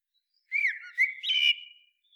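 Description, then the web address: Common blackbird song: a rich, fluted whistle, then a second brighter phrase trails off into a soft, high squeaky ending. No background noise. "SETE Turdus merula"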